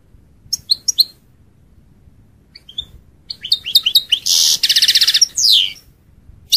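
European goldfinch twittering: sparse single chirps at first, building to quick twitters and two harsh buzzy notes near the end.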